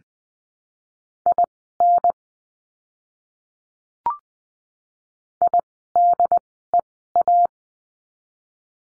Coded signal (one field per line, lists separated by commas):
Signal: Morse code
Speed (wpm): 20 wpm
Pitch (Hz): 700 Hz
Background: none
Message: IN IDEA